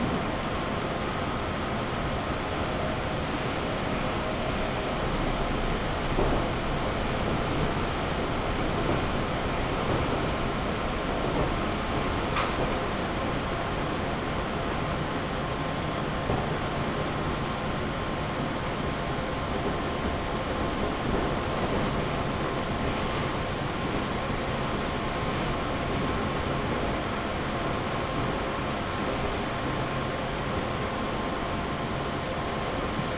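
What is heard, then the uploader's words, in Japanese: Steady rumble aboard a local train on the Chuo West Line, with a constant hum, faint tonal whine and occasional clicks throughout. 中央西線 普通 中津川→十二兼。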